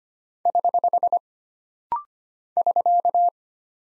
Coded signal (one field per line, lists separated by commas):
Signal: Morse code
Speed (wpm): 25 wpm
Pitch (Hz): 700 Hz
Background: none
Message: <HH> <SK>